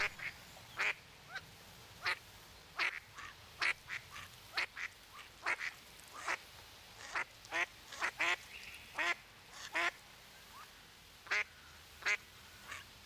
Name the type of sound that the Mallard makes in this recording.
call